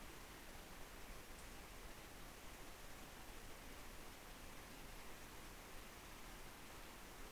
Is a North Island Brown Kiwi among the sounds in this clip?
no